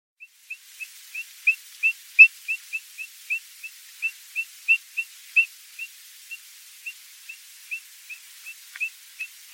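Bird calling with short, clear whistled notes repeated steadily about two or three times a second.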